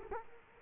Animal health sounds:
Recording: mosquito wingbeat signal from an infrared sensor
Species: Culex quinquefasciatus

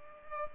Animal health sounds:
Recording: mosquito wingbeat signal from an infrared sensor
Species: Culex pipiens

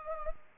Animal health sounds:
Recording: mosquito wingbeat signal from an infrared sensor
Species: Culex pipiens

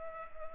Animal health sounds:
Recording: mosquito wingbeat signal from an infrared sensor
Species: Culex pipiens

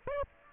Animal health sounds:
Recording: mosquito wingbeat signal from an infrared sensor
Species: Aedes aegypti

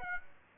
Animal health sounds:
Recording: mosquito wingbeat signal from an infrared sensor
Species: Aedes aegypti

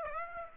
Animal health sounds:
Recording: mosquito wingbeat signal from an infrared sensor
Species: Aedes aegypti

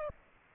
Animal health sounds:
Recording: mosquito wingbeat signal from an infrared sensor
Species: Aedes aegypti

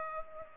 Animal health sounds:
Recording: mosquito wingbeat signal from an infrared sensor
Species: Culex pipiens

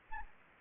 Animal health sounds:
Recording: mosquito wingbeat signal from an infrared sensor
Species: Anopheles gambiae

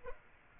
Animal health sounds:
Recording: mosquito wingbeat signal from an infrared sensor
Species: Aedes aegypti

